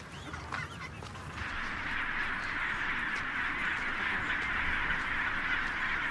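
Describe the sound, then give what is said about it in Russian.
A huge colony of thousands of penguins, the largest bird colony on Earth, fills the air with overlapping honking calls, a dense, steady wall of bird noise that swells a little after the opening second and holds loud throughout. “Он ищет свою семью среди тысяч других пингвинов.”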